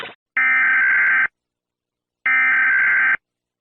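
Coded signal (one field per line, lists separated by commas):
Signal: Emergency Alert System (SAME) tones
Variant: header bursts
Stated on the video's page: Comparison of emergency warning alarms from around the world, including the U.S. EAS tone.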